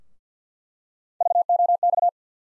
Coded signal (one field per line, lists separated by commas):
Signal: Morse code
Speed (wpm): 50 wpm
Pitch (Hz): 700 Hz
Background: none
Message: VOX